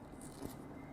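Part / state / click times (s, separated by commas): plastic rear window retainer into mating retainer on soft top / not seated / none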